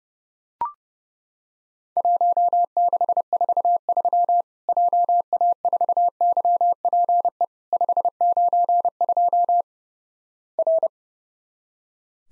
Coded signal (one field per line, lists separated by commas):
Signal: Morse code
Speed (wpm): 31 wpm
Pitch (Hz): 700 Hz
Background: none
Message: 1643 JA4YPE 592 R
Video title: Worked All Europe DX Contest QTC Exchange with Repeats 30wpm